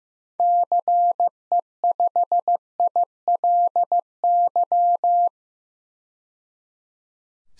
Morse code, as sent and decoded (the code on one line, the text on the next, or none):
-.-. . ..... .. .-.. -.--
CE5ILY